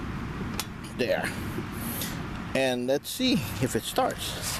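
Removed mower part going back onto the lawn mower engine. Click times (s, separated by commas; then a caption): 0.6 s. During a repair of a lawn mower that won't start, a part that had been removed is pushed back onto the mower's engine and seats with a sharp click at 0.6 s. Someone talks over steady background noise before and after the click.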